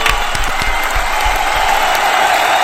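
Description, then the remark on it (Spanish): A crowd claps and cheers continuously, a dense, loud wash of applause with shouts mixed in, holding steady for the whole stretch. “¿Por qué no me sale la gente acá que está gritando y no la escucha?”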